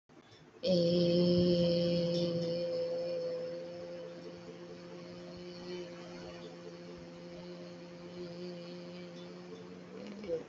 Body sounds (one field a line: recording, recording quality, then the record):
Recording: sustained vowel as in made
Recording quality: moderate, slight background noise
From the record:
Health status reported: exposed to COVID-19, no respiratory illness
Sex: female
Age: 24 years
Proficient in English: yes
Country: India